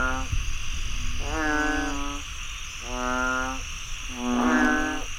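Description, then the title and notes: Frogs croaking in a chorus, drawn-out nasal harmonic croaks about a second long, overlapping callers, with a steady high insect hum behind. Frogs croaking after heavy rainfall in Chiang Mai, Thailand. "Frogs croaking after heavy rainfall in Chiang Mai, Thailand. Alex Boyesen"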